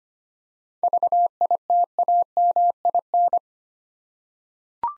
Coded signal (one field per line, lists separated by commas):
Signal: Morse code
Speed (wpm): 25 wpm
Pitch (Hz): 700 Hz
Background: none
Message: VITAMIN